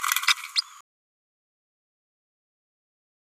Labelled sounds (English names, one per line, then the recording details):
Green-rumped Parrotlet babbling
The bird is a female
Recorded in a nest box in Venezuela
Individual 17B102A5